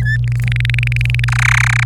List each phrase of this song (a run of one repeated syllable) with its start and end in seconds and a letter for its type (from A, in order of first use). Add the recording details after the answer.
0.00-0.17 A, 0.24-1.24 B, 1.28-1.84 C. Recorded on 26 April 2018 at 06:08. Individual llb3